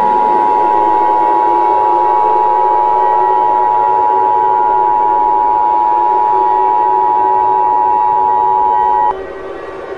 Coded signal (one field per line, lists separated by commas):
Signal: Emergency Alert System (SAME) tones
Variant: 853 and 960 Hz attention tone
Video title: EAS Scenario #13 - Grey Goo